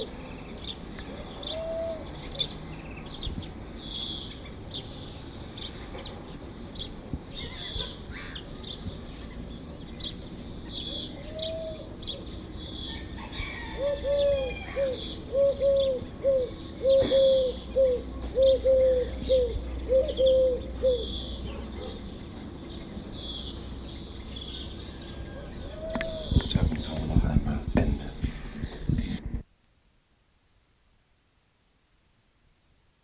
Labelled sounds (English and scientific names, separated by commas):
Eurasian Collared Dove (Streptopelia decaocto)